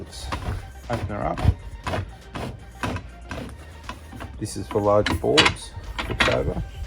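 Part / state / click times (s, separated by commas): fold-out board support on a table saw extension / not seated / none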